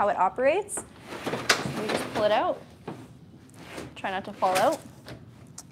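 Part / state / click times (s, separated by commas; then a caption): retractable tonneau cover latching at the end of the truck bed rails / seated / 5.6 s. A woman talks while pulling the heavy-duty retractable tonneau cover of a 2023 Hyundai Santa Cruz Ultimate out along the pickup bed rails, with soft sliding and rumbling sounds. A sharp hit at 5.6 s marks the cover's latch catching at the tailgate end, locking it into place.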